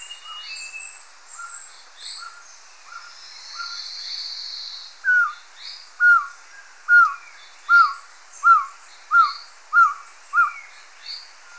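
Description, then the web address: Masked trogon calling: after a few faint soft notes, a series of about eight loud, mellow, downslurred notes, a little faster than one per second, over high background sounds. Recorded in Ecuador. "Birds of Ecuador. Masked Trogon"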